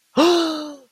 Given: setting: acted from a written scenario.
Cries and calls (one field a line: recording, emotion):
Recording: vocal sound without words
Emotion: positive surprise